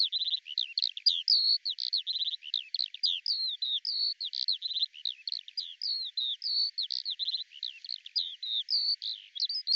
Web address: Deverinetal 2025 Bird Al Ar